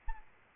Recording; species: mosquito wingbeat signal from an infrared sensor; Aedes albopictus